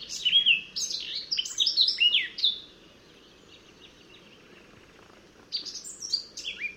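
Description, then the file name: Eurasian blackcap song: a lively warbled phrase of quick varied notes, a quiet gap of nearly three seconds, then a second scratchy warbling phrase. "Sylvia atricapilla"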